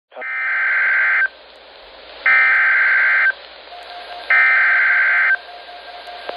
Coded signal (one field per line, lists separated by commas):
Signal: Emergency Alert System (SAME) tones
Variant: header bursts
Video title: SVA 275 Portions of North Central WI (EAS #104)